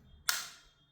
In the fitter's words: And you hear that significantly um louder and of course you hear that satisfying snap.